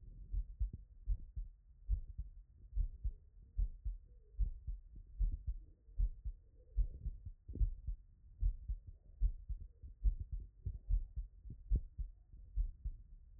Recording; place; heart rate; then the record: heart sounds by stethoscope; Erb's point; 72 bpm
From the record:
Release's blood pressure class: hypertension stage 1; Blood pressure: 130/51 mmHg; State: after exercise